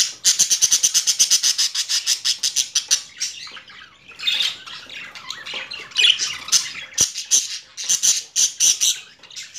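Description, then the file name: Budgerigar opening with a fast rattling run of clicking pulses, then shifting into rough squawks and a final burst of rapid harsh notes. Female budgerigar; mixed sounds. "Karisik Sesler Disi Muhabbet Kusu Sesi"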